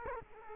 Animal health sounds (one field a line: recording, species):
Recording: mosquito wingbeat signal from an infrared sensor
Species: Culex quinquefasciatus